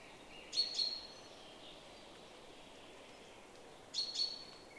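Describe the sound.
Eurasian wren calls, two pairs of short, sharp ticking notes about three and a half seconds apart over steady background hiss.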